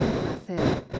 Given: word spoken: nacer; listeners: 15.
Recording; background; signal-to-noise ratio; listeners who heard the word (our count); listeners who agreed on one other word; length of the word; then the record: one Spanish word in noise, from a listening test; noise modulated by one talker; -8.6 dB; 2 of 15; 7 of 15; 0.59 s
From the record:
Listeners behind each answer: 7, 5, 2, 1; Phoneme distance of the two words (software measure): 17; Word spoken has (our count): 2 syllables, 5 phonemes, stress on syllable 2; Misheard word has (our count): 2 syllables, 6 phonemes, stress on syllable 2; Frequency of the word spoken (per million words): 19.90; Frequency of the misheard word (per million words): 44.80